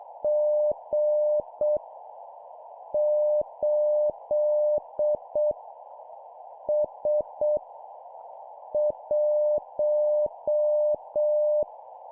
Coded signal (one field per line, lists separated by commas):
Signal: Morse code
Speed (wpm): 7 wpm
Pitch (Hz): 600 Hz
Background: none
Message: G 8 S 1